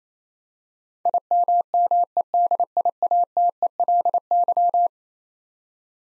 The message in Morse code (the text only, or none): IMMEDIATELY